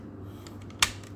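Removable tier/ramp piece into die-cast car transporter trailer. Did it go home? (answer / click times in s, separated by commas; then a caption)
yes / 0.8 s. A detachable upper tier or ramp piece is pushed back into place on a Maisto Design Mercedes-Benz Actros 1851 die-cast metal and plastic car transporter trailer. A few faint light ticks come before a single sharp, bright click at 0.8 s over a low steady hum. The piece snaps back in and is seated.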